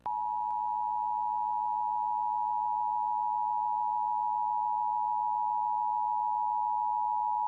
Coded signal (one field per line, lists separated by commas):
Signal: Emergency Alert System (SAME) tones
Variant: 853 and 960 Hz attention tone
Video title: MeTV EAS Error - March 14th, 2024